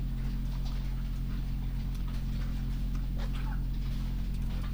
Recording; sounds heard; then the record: poultry house recording; sick chickens (respiratory disease)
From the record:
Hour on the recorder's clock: 21